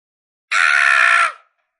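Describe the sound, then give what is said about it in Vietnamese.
A single loud, harsh scream that starts abruptly, holds at a steady, strained high pitch for under a second, then trails off quickly into silence. “hét to, người lại trướng lên biến thành cỡ trăm mét.”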